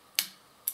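A grommet removal tool's pin is pressed onto a plastic grommet in a badminton racket frame hole and the tool is closed, pushing the grommet out of the frame. Two sharp, bright clicks sound at 0.2 and 0.7 seconds, the first decaying briefly, over quiet background. The grommet is released and left sticking out of the frame hole.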